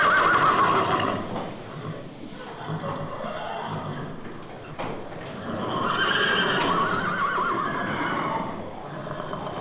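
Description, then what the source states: Horse neighing: a brief whinny at the start, softer snorting, then a second long wavering neigh around six to eight seconds. Horses neighing in stalls.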